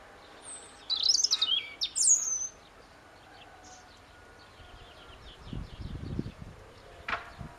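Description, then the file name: European robin song: two high, tumbling, thin phrases of whistles and trills early on, followed by quiet with a few low rumbles. "Erithacus rubecula"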